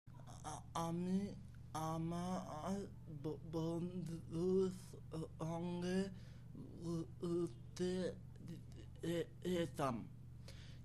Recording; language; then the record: elicited speech; Bengali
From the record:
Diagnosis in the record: Broca's or global aphasia after a stroke